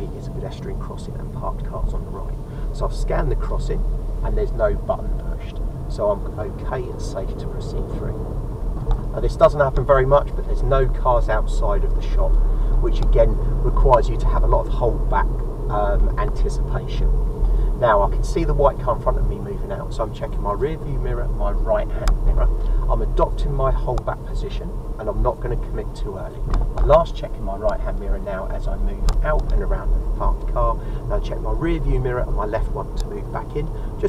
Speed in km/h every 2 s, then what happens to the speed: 18, 16, 21, 24, 26, 27, 34, 35, 37, 37, 34, 32, 31, 29, 29, 31, 32.
2-16 speeds up to 37. 16-25 slows to 29. 25-34 steady at about 29.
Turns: none.